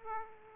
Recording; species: mosquito wingbeat signal from an infrared sensor; Aedes aegypti